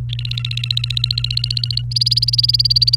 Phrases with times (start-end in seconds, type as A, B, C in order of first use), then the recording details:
0.09-1.82 A, 1.91-2.96 B. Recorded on 28 April 2018 at 15:51. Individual llb3